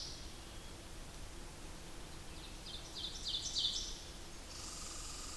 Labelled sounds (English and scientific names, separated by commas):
Ovenbird (Seiurus aurocapilla) song